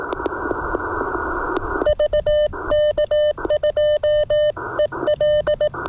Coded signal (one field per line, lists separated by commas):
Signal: Morse code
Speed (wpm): 19 wpm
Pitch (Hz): 590 Hz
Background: none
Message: VK2EL